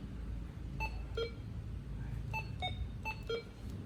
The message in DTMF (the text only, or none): none